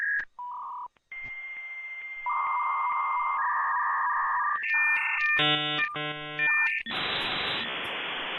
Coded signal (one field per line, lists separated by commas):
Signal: dial-up modem handshake